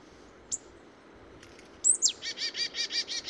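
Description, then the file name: Marsh tit calling, a lone high note, then a quick sharp downslurred pair leading into a run of several buzzy, scolding notes. "Poecile palustris"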